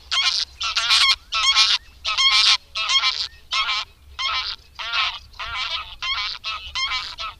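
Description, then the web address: Greylag goose giving loud, harsh nasal honks rich in overtones in a quick series, with brief pauses between them. "Madardalok Cd 3. Nyári lúd"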